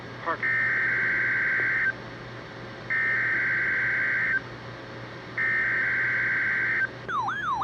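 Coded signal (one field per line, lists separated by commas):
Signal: Emergency Alert System (SAME) tones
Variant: header bursts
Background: speech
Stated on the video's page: Required weekly tests at noon, received from NOAA weather radio transmitters WXM62 and KHB60.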